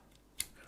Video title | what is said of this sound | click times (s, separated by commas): Jonsbo MAGIC FAN ZF-120 ARGB PC Fans Tested & Reviewed | snaps into place so then you've got all of this cabling which | 0.4 s